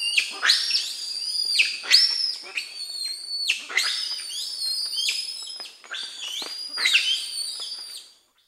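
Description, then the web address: White-nosed bearded saki whistles, high and piercing, with quick sweeping onsets and level tails, repeated in quick bursts. Primate of the South American rainforest. "Natures Songs S America Primates of the Rainforest White-nosed bearded saki monkey"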